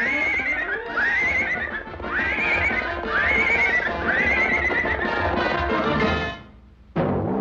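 A horse whinnies in a string of loud, wavering high-pitched neighs over a steady clip-clop of hooves, the sound fading briefly before a final burst near the end.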